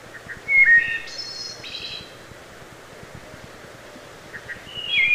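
Wood thrush gives a full fluted phrase with a high ringing trill. Another phrase begins near the end, over a low background hiss.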